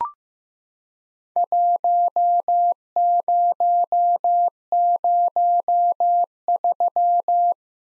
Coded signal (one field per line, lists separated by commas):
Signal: Morse code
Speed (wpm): 15 wpm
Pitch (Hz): 700 Hz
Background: none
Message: 1003